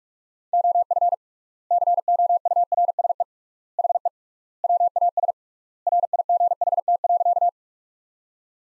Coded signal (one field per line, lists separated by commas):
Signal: Morse code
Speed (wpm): 46 wpm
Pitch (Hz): 700 Hz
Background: none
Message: OF COURSE HE WAS RIGHT.